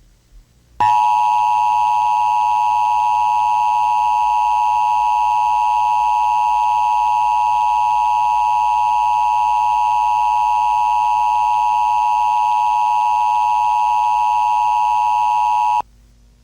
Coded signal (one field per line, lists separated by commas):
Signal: Emergency Alert System (SAME) tones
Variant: 853 and 960 Hz attention tone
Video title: EAS Scenario - Collision Course